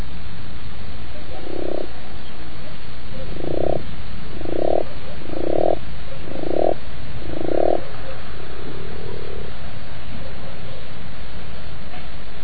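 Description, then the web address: Frog calling with six gravelly croaks at uneven intervals, then a softer, fainter croak, all over constant background hiss. "zaby"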